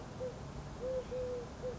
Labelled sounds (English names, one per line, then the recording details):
Eurasian Collared Dove
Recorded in Sonoma County, California